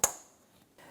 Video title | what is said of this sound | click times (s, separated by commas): How to Replace Inner Tail Light Assemblies 2013-2018 Toyota RAV4 | so we're going to connect the bulb connectors again again and now you line it up and push till it clicks | 0.0 s